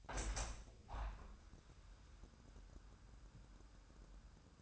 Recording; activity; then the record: daily activity, microphone in the room; open window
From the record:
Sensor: 2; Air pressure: 997.9 hPa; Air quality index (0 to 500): 139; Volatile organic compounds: 4 ppm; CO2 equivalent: 1573 ppm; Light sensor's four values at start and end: 10/31/12/12 and 10/31/12/12